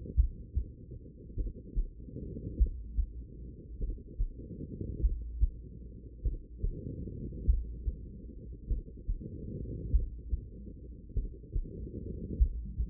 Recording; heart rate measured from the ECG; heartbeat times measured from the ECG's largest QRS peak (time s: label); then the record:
heart sounds by stethoscope; 49 bpm
0.14 s: heartbeat
1.35 s: heartbeat
2.57 s: heartbeat
3.78 s: heartbeat
5.00 s: heartbeat
6.22 s: heartbeat
7.44 s: heartbeat
8.67 s: heartbeat
9.90 s: heartbeat
11.13 s: heartbeat
12.37 s: heartbeat
From the record:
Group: heart failure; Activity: rest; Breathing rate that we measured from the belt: 24 breaths a minute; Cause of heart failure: idiopathic cardiomyopathy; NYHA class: 2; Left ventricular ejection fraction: 53%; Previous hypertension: present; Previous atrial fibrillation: present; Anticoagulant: apixaban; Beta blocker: bisoprolol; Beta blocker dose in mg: 2.5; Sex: female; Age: 67 years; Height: 150 cm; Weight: 81 kg